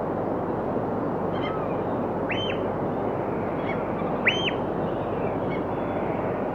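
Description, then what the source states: Birds give two clear arched, ringing call notes about two seconds apart, with faint chirps between, over a constant rushing roar. Birds calling on a rocky shoreline.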